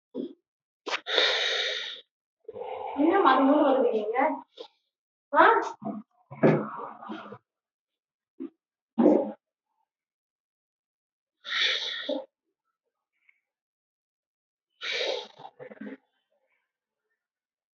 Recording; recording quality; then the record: deep breathing; moderate, slight background noise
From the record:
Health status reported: healthy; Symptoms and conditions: cold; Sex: male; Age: 50 years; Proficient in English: yes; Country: India